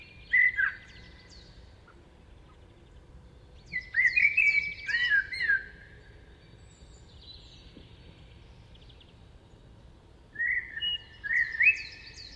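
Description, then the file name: Eurasian blackbird song: short melodious whistled phrases with thin twittering endings, delivered in three bursts with long silent spaces. "Turdus merula"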